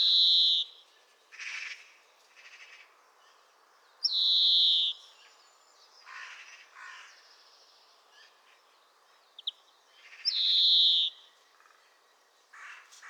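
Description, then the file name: European greenfinch repeating a strained nasal wheeze three times, roughly four to six seconds apart, with harsh buzzy notes and short chatter in the gaps. "Chloris chloris"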